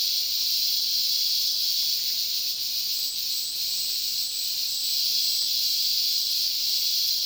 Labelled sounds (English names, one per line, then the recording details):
none
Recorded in dense forest near Puerto Asís, Putumayo, Colombia, on 20 February 2024 at 10:30
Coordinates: 0.466, -76.327
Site G6413